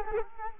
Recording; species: mosquito wingbeat signal from an infrared sensor; Culex quinquefasciatus